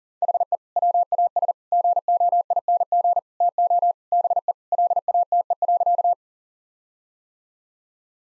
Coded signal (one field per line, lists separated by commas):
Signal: Morse code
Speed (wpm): 40 wpm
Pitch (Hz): 700 Hz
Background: none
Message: HE WAS GOING TO BE LATE.